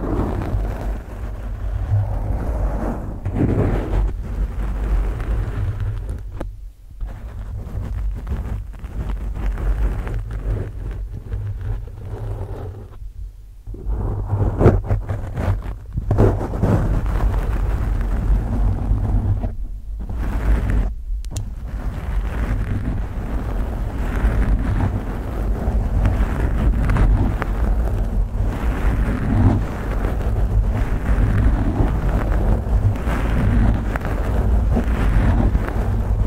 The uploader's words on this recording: ASMR Slow and Fast Deep Brain Scratching w Long Nails.